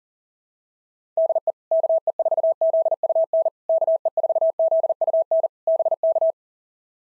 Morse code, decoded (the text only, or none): DE KE4ZUN KE4ZUN BK